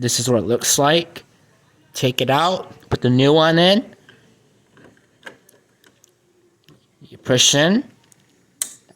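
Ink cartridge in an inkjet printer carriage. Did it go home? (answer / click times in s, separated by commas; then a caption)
yes / 8.6 s. A new plastic ink cartridge is pushed into its carriage slot in an HP Officejet 6500 inkjet printer while someone talks, with faint handling ticks in between. A loud, sharp snap at 8.6 s marks the cartridge locking into place, fully seated.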